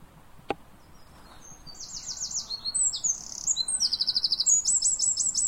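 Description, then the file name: Eurasian wren with a single sharp click at the start, then a building stream of high, fast trills and chattering rattles that grows louder toward the end. "Troglodytes troglodytes"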